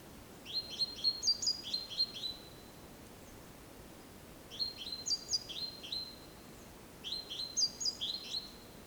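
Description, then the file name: Great tit giving three bursts of bright, chirping notes separated by short pauses, with faint background hiss. "Parus major"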